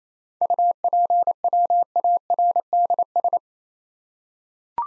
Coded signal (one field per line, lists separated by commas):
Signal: Morse code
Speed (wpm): 28 wpm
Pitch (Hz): 700 Hz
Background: none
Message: UPWARDS